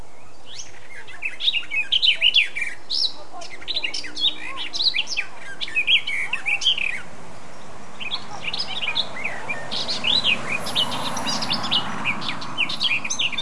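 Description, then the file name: Eurasian blackcap delivering fast scratchy warbling with clear whistled notes, continuing through a later stretch where a soft hiss rises in the background. "Sylvia atricapilla"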